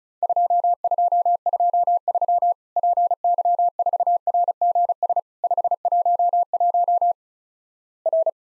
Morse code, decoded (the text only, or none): 2223 PY4RGS 511 R